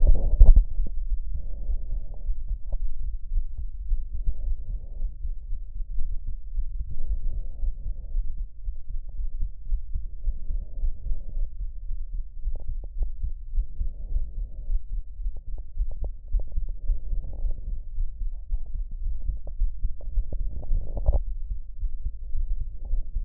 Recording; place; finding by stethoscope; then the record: heart sounds by stethoscope; pulmonary valve (PV); normal heart sounds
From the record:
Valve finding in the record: normal valve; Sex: male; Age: 20 years